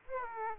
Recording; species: mosquito wingbeat signal from an infrared sensor; Aedes aegypti